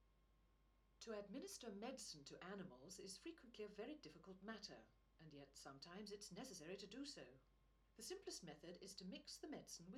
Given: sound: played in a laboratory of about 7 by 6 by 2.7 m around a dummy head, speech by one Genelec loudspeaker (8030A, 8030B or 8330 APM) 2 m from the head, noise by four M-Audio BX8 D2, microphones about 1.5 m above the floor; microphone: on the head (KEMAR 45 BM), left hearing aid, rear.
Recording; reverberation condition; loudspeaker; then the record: female speech in English; low; 120 degrees to the left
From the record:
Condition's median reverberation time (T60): about 310 ms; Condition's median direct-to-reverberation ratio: about 3.5 dB